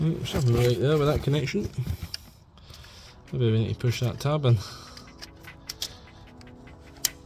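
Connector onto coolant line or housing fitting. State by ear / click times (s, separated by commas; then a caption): not seated / none. A connector is pushed onto a coolant return line or oil filter housing fitting on a BMW 320i while the line and housing are being refitted, pressing on its tab. Someone talks at first, then a few short, sharp handling ticks and knocks follow, the loudest near the end. The connector does not click in; nothing has seated or clicked yet.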